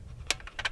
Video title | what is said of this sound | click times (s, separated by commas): A Gentleman's Lunch With The LittlBug Senior | rivet lock that in see if you can see how it's locking | 0.3 s